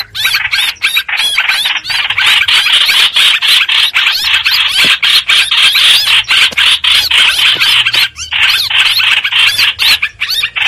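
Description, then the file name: Streak-eared bulbul scolding distress notes, loud raspy squawks repeated rapidly in an insistent stream. Distress call given to summon the flock. "Tieng chim trao trao keu cuu goi bay"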